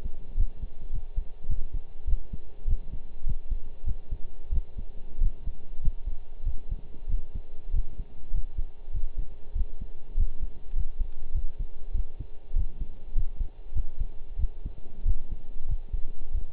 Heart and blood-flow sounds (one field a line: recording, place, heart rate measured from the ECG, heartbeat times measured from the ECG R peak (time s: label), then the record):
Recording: heart sounds by stethoscope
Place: between the tricuspid and mitral areas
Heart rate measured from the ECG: 98 bpm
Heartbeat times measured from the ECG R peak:
0.37 s: heartbeat
0.93 s: heartbeat
1.49 s: heartbeat
2.07 s: heartbeat
2.67 s: heartbeat
3.27 s: heartbeat
3.87 s: heartbeat
4.52 s: heartbeat
5.21 s: heartbeat
5.83 s: heartbeat
6.46 s: heartbeat
7.09 s: heartbeat
7.73 s: heartbeat
8.34 s: heartbeat
8.94 s: heartbeat
9.55 s: heartbeat
10.17 s: heartbeat
10.76 s: heartbeat
11.34 s: heartbeat
11.94 s: heartbeat
12.56 s: heartbeat
13.16 s: heartbeat
13.75 s: heartbeat
14.38 s: heartbeat
15.05 s: heartbeat
15.69 s: heartbeat
16.34 s: heartbeat
From the record:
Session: pedaling a stationary bicycle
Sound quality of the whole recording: partially saturated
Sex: male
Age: 23 years